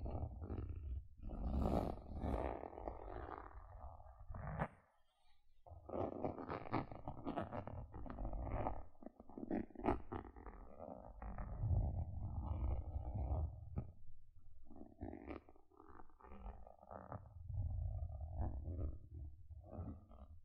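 Gentle scratching goes on almost without a break, a dense, rustling texture with a deep, rumbling undertone beneath it. Crisp, brighter strokes flare up now and then, most strongly early on. One brief pause falls around five seconds before the scratching resumes.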